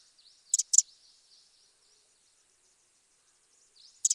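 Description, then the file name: Eurasian wren calls: two quick doubled dry ticks, a long pause, then another double tick, with faint high twitters between. "Troglodytes troglodytes"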